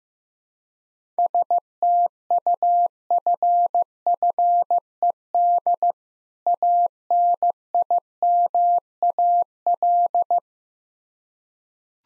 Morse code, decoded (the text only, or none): STUFFED ANIMAL